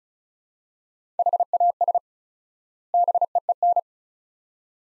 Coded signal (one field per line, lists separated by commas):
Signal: Morse code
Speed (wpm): 36 wpm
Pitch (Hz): 700 Hz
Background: none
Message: HAS BEEN